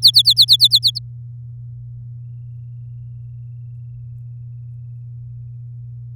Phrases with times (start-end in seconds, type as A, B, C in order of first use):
0.02-0.99 A